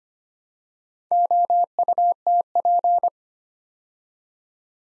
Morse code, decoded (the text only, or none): OUTP